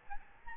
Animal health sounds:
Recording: mosquito wingbeat signal from an infrared sensor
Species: Aedes albopictus

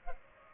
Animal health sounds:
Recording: mosquito wingbeat signal from an infrared sensor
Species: Culex pipiens

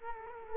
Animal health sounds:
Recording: mosquito wingbeat signal from an infrared sensor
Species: Culex quinquefasciatus

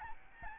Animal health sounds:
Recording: mosquito wingbeat signal from an infrared sensor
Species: Aedes albopictus

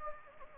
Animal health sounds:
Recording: mosquito wingbeat signal from an infrared sensor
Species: Anopheles gambiae

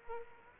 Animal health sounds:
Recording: mosquito wingbeat signal from an infrared sensor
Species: Aedes aegypti

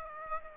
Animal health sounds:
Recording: mosquito wingbeat signal from an infrared sensor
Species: Aedes aegypti

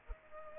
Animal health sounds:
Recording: mosquito wingbeat signal from an infrared sensor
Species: Culex pipiens

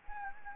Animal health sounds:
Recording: mosquito wingbeat signal from an infrared sensor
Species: Anopheles gambiae

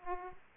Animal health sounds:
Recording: mosquito wingbeat signal from an infrared sensor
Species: Aedes aegypti

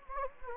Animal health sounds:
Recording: mosquito wingbeat signal from an infrared sensor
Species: Anopheles gambiae

